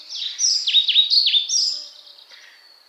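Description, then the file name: European pied flycatcher song, a short burst of high sweet notes with several sharp downward-swooping slurs, fading into a faint high note. "Golosa ptic Muholovka pestrushka"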